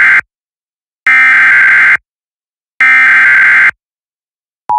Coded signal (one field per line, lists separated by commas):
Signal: Emergency Alert System (SAME) tones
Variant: header bursts